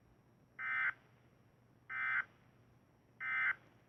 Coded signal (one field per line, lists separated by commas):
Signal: Emergency Alert System (SAME) tones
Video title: How To Make An EAS Scenario On Android (EAS TUTORIAL 2020)